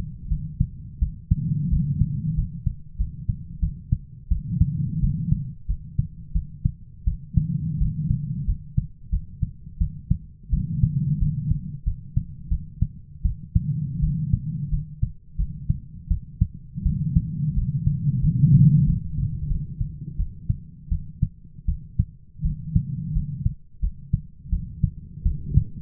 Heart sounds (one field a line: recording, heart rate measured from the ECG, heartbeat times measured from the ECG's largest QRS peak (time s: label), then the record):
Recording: heart sounds by stethoscope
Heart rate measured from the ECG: 87 bpm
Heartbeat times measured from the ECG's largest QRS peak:
0.29 s: heartbeat
1.00 s: heartbeat
1.70 s: heartbeat
2.36 s: heartbeat
2.98 s: heartbeat
3.61 s: heartbeat
4.30 s: heartbeat
5.01 s: heartbeat
5.67 s: heartbeat
6.34 s: heartbeat
7.05 s: heartbeat
7.79 s: heartbeat
8.46 s: heartbeat
9.11 s: heartbeat
9.79 s: heartbeat
10.51 s: heartbeat
11.19 s: heartbeat
11.85 s: heartbeat
12.50 s: heartbeat
13.23 s: heartbeat
14.01 s: heartbeat
14.71 s: heartbeat
15.37 s: heartbeat
16.09 s: heartbeat
16.84 s: heartbeat
17.55 s: heartbeat
18.21 s: heartbeat
18.85 s: heartbeat
19.48 s: heartbeat
20.17 s: heartbeat
20.90 s: heartbeat
21.66 s: heartbeat
22.43 s: heartbeat
23.14 s: heartbeat
23.81 s: heartbeat
24.51 s: heartbeat
25.24 s: heartbeat
From the record:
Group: healthy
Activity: rest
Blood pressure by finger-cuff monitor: 143/83 mmHg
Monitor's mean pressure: 102 mmHg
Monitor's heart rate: 87 bpm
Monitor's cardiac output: 8 L/min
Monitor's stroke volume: 92 mL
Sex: female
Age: 22 years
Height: 161 cm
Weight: 65.5 kg